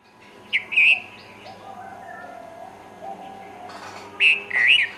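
Red-vented bulbul singing two brief phrases of liquid, slurred whistles, one early and one near the end, with quieter faint chatter and a low background hum between.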